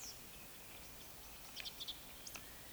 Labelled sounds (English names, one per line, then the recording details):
Eurasian Woodcock whistle
Eurasian Woodcock croak
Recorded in Baden-Württemberg, Germany, on 20 May 2021 at 19:28 UTC
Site 24606, 635 m above sea level